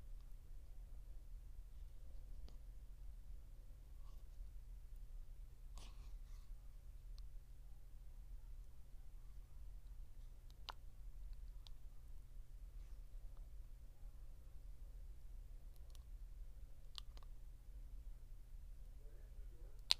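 Quiet mouth sounds and light tapping: scattered sharp clicks and wet smacks come every second or two, with small bursts near six, eleven, seventeen and twenty seconds. A steady low hum runs underneath throughout, with a faint rustle between the clicks.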